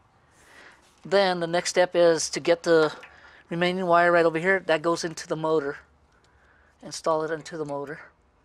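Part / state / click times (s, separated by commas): wiring harness connector into power running board motor / not seated / none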